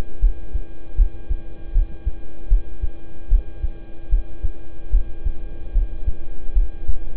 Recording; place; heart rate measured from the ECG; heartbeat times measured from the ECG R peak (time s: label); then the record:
heart sounds by stethoscope; between the tricuspid and mitral areas; 76 bpm
0.20 s: heartbeat
0.96 s: heartbeat
1.72 s: heartbeat
2.48 s: heartbeat
3.29 s: heartbeat
4.09 s: heartbeat
4.90 s: heartbeat
5.72 s: heartbeat
6.53 s: heartbeat
From the record:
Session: rest, lying down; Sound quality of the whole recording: good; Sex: male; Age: 26 years